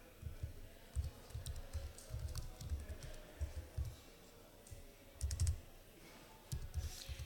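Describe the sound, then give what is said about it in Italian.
Steady typing on a computer keyboard, a quick irregular patter of soft clacky keystrokes with brief pauses and a few sharper clicks, heard on its own without voices. “Che tastiera c'hai?”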